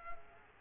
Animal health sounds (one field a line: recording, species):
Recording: mosquito wingbeat signal from an infrared sensor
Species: Culex quinquefasciatus